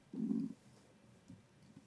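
A brief low gurgling rumble lasting about half a second, then faint gurgles: ordinary stomach rumbling (borborygmi) from an adult, loud enough to embarrass the person it comes from.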